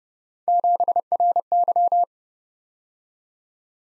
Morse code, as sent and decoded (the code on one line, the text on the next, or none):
--... .-. -.--
7RY